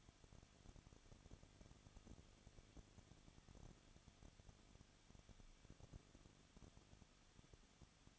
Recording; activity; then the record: daily activity, microphone in the room; no activity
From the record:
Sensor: 4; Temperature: 23.0 degrees Celsius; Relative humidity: 34.2%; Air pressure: 1007.3 hPa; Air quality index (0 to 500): 214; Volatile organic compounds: 14 ppm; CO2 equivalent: 2469 ppm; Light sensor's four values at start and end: 2/3/1/1 and 2/3/1/1